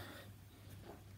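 The folding stem of a Segway Ninebot ES2 scooter is handled as it is pushed toward the scooter's latch after an earlier failed try, with soft rustling, low handling noise and a steady low hum. Nothing has seated or clicked yet, since the clip ends just before the stem goes home.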